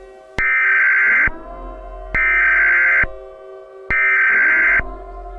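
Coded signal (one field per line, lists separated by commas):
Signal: Emergency Alert System (SAME) tones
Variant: header bursts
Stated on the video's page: Fictional EAS scenario.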